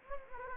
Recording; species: mosquito wingbeat signal from an infrared sensor; Anopheles gambiae